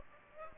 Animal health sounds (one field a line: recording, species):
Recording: mosquito wingbeat signal from an infrared sensor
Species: Aedes aegypti